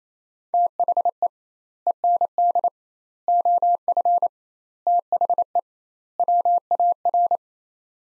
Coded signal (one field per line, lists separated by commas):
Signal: Morse code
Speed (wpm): 28 wpm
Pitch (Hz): 700 Hz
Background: none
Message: THE END OF THE WAR